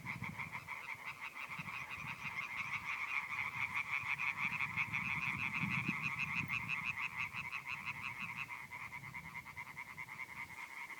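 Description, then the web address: European tree frog chorus, a dense rapid rattle of harsh croaks merging into a continuous pulsing drone, with a low rumble underneath throughout. "Viltansou Rainettes. la rainette verte"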